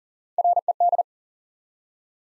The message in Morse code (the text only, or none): RED